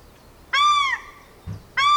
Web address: sound paradise-shelduck